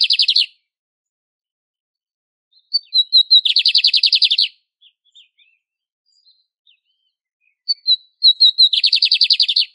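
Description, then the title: Lined seedeater singing three phrases, the first cut off at the start and the others opening with soft thin whistles and breaking into a rapid, rattling series of high buzzy notes. Classic song style, used for warming up and training birds. "CANTO DO BIGODINHO - CANTO CLÁSSICO - ESQUENTAR/ENCARTE"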